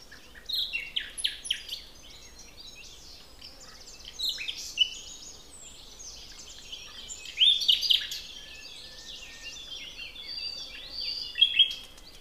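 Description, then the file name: Common nightingale song made of repeated bursts of fluty whistles and quick trills, loudest around the eighth and twelfth seconds, with pauses filled by softer notes. "Luscinia megarhynchos"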